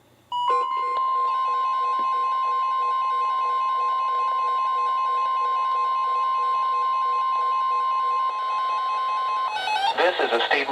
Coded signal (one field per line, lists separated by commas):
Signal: Emergency Alert System (SAME) tones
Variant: 1050 Hz attention tone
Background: speech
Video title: EAS #697-#715: YES, BUILD A BOAT! | KHB36 & KEC83